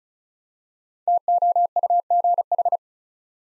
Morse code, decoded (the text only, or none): TOUGH